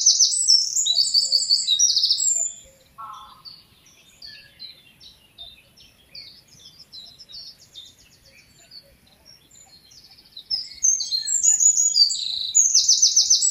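Eurasian wren song phrases: a burst of shrill fast trills, several quieter seconds with soft twitters and a short low buzz, then a fresh loud phrase.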